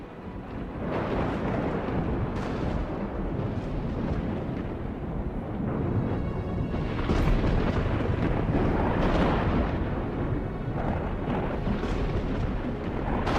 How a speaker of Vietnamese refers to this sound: Ở trên bầu trời, mây đen ùn ùn kéo đến. Trên tầng không vang lên tiếng sấm sét lập lòe.